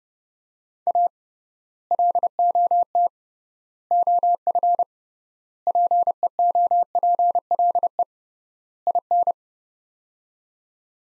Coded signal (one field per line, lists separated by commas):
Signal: Morse code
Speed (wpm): 30 wpm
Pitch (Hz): 700 Hz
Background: none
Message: A LOT OF PEOPLE IN